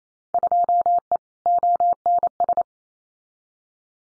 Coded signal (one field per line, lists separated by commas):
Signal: Morse code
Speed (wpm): 28 wpm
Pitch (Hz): 700 Hz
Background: none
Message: 2E ONS